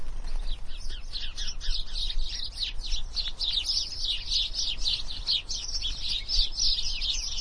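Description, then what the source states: Birds chirping and chattering nonstop, many high twittering notes overlapping, with a low background hum throughout. Mating birds in a bush.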